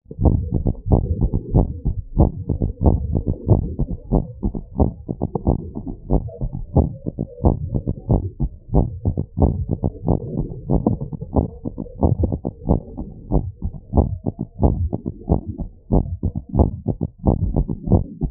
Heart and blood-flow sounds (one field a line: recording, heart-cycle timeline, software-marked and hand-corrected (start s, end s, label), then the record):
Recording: heart sounds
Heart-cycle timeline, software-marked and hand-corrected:
0.00	0.22	diastole
0.22	0.36	S1
0.36	0.54	systole
0.54	0.64	S2
0.64	0.90	diastole
0.90	1.04	S1
1.04	1.22	systole
1.22	1.32	S2
1.32	1.54	diastole
1.54	1.68	S1
1.68	1.86	systole
1.86	1.94	S2
1.94	2.18	diastole
2.18	2.32	S1
2.32	2.50	systole
2.50	2.60	S2
2.60	2.84	diastole
2.84	3.00	S1
3.00	3.16	systole
3.16	3.24	S2
3.24	3.48	diastole
3.48	3.62	S1
3.62	3.80	systole
3.80	3.88	S2
3.88	4.12	diastole
4.12	4.24	S1
4.24	4.44	systole
4.44	4.54	S2
4.54	4.80	diastole
4.80	4.92	S1
4.92	5.14	systole
5.14	5.22	S2
5.22	5.46	diastole
5.46	5.58	S1
5.58	5.78	systole
5.78	5.88	S2
5.88	6.12	diastole
6.12	6.24	S1
6.24	6.44	systole
6.44	6.52	S2
6.52	6.76	diastole
6.76	6.90	S1
6.90	7.12	systole
7.12	7.20	S2
7.20	7.44	diastole
7.44	7.56	S1
7.56	7.74	systole
7.74	7.84	S2
7.84	8.10	diastole
8.10	8.22	S1
8.22	8.42	systole
8.42	8.50	S2
8.50	8.74	diastole
8.74	8.88	S1
8.88	9.06	systole
9.06	9.16	S2
9.16	9.40	diastole
9.40	9.54	S1
9.54	9.72	systole
9.72	9.80	S2
9.80	10.06	diastole
10.06	10.18	S1
10.18	10.38	systole
10.38	10.48	S2
10.48	10.70	diastole
10.70	10.82	S1
10.82	11.02	systole
11.02	11.10	S2
11.10	11.36	diastole
11.36	11.48	S1
11.48	11.66	systole
11.66	11.76	S2
11.76	12.02	diastole
12.02	12.16	S1
12.16	12.34	systole
12.34	12.42	S2
12.42	12.68	diastole
12.68	12.80	S1
12.80	13.00	systole
13.00	13.08	S2
13.08	13.32	diastole
13.32	13.44	S1
13.44	13.64	systole
13.64	13.72	S2
13.72	13.96	diastole
13.96	14.08	S1
14.08	14.28	systole
14.28	14.36	S2
14.36	14.62	diastole
14.62	14.78	S1
14.78	14.98	systole
14.98	15.06	S2
15.06	15.30	diastole
15.30	15.40	S1
15.40	15.60	systole
15.60	15.68	S2
15.68	15.92	diastole
15.92	16.04	S1
16.04	16.24	systole
16.24	16.32	S2
16.32	16.56	diastole
16.56	16.68	S1
16.68	16.88	systole
16.88	16.98	S2
16.98	17.26	diastole
17.26	17.38	S1
17.38	17.56	systole
17.56	17.66	S2
17.66	17.90	diastole
17.90	18.04	S1
18.04	18.24	systole
18.24	18.31	S2
From the record:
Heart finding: normal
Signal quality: good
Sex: female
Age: 27 years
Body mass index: 27.4